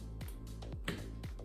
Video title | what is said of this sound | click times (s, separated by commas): How to rewire an old lamp | Push it all down and then it locks into place. | 0.9 s